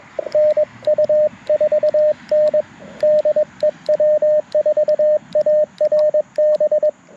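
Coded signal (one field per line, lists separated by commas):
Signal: Morse code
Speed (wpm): 21 wpm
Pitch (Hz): 590 Hz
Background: radio noise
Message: NU4N DE W4ARB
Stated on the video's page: QRP CW Parks on the Air activation at sunrise using a Mountain Topper MTR4B V2, Chelegance MC-750 antenna and BaMaKeY TP-III paddles.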